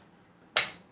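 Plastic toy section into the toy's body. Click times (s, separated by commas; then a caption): 0.6 s. A plastic section of a Transformers War for Cybertron Siege Titan Class Omega Supreme robot toy is pushed into its mating part on the toy's body. After quiet low background noise, a single sharp, bright snap at 0.6 s quickly fades. The section clicks and locks into place.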